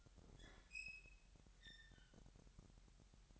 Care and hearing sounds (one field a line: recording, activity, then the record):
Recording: daily activity, microphone in the room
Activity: open fridge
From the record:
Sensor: 3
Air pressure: 1001.9 hPa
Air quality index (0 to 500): 246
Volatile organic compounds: 51 ppm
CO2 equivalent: 3303 ppm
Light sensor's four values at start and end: 12/36/15/13 and 12/36/16/13